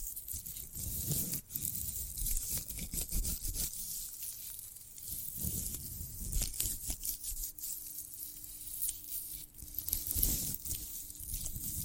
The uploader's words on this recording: ASMR of a Sprouted Coconut (No Talking).